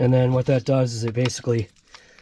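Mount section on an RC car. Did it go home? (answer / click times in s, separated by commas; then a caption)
no / none. Someone talks while handling a section of the mount on an Arrma RC car (BLX or M2C), pushing it toward place. After the speech stops, only faint, quiet handling noises follow, and nothing has seated or clicked yet when the clip ends.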